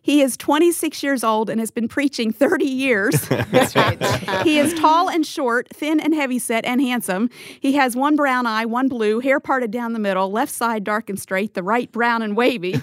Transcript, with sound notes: He is twenty-six years old and has been preaching thirty years. (laughter) He is tall and short, thin and heavyset, and handsome. He has one brown eye, one blue, hair parted down the middle—the left side dark and straight, the right brown and wavy.